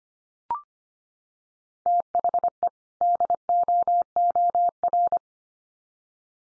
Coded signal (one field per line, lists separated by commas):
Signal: Morse code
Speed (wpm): 25 wpm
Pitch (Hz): 700 Hz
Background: none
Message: THE DOOR